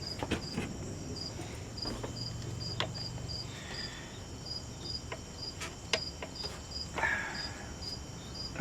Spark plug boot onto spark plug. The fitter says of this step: put on all the way when you hear that little snap now